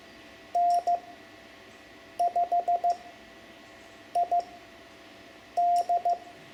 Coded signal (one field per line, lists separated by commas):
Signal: Morse code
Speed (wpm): 15 wpm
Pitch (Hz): 700 Hz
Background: none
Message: N5ID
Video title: Learning CW for Ham Radio (Lesson 9) Morse Code numbers 5-9, Amateur Radio